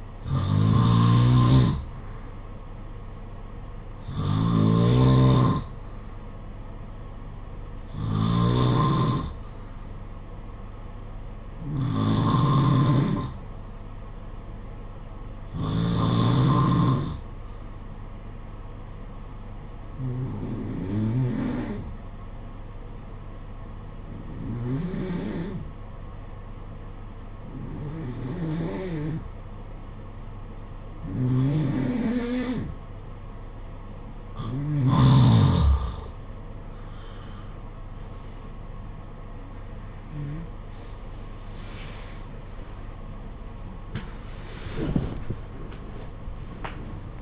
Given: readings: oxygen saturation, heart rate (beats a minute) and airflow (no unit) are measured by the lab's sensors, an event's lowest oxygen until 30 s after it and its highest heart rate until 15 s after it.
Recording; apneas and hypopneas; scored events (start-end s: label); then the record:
breathing in sleep by a smartphone at the bedside; 1
12.00-36.80 s: hypopnea (N1, oxygen 94% highest, then 87% lowest, heart rate 55 at the start, 80 highest)
19.00-47.21 s: new sleep stage, N2 (light sleep)
From the record:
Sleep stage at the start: N1 (lightest sleep); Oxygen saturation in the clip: 89 to 94%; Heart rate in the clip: 55 to 72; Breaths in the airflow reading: 12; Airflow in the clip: -16.0 to 18.6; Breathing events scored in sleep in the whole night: 476 in 9.7 hours asleep